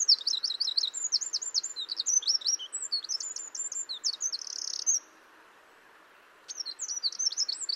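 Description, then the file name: Eurasian wren delivering a long, shrill, rapid-fire song of trills and jumbled high notes ending in a buzzy trill, a silent gap, then singing resumes. "Troglodytes troglodytes"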